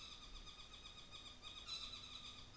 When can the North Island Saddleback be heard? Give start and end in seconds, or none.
0.00-2.57